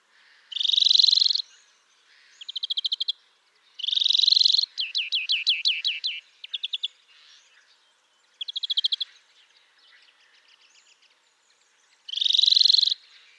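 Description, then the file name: European greenfinch song alternating loud drawn-out buzzy wheezes with fast rattling trills and a run of quick slurred notes, the wheeze returning twice at uneven intervals. "Chloris chloris"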